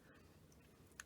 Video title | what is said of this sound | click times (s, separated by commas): Lionel Prewar 229, can she ride the rails once more?! Part 3 | let it go and the o-ring snaps in place | 1.0 s